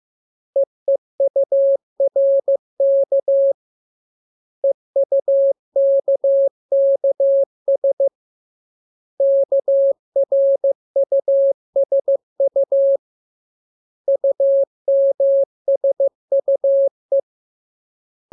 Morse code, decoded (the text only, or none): EEURK EUKKS KRUSU UMSUE